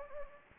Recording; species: mosquito wingbeat signal from an infrared sensor; Anopheles gambiae